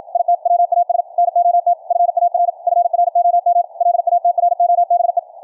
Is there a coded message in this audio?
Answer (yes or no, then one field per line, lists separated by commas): yes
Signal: Morse code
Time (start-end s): 0.1-5.2 s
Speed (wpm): 53 wpm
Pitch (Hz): 700 Hz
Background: none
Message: IT WAS NOT FAR FROM LATROBE